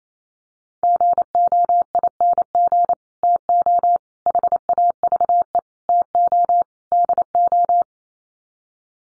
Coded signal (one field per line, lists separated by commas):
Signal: Morse code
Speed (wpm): 28 wpm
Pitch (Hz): 700 Hz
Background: none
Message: GOING TO HAVE TO DO